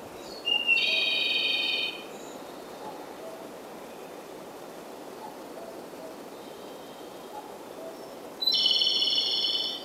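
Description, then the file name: Japanese robin song: two loud, high phrases about eight seconds apart, each lasting over a second, over soft background hiss. "komadori"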